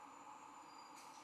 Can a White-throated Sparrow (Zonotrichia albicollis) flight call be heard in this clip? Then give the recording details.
no. No flight call is heard. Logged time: 09:08 on 10 November 2014